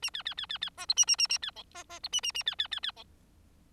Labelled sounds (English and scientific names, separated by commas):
Bengalese Finch (Lonchura striata domestica) song